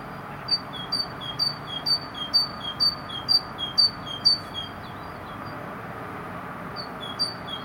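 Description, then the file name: Great tit giving bright, high two-note phrases repeated rhythmically for several seconds, then falling mostly silent, with steady low background hiss. "Parus major"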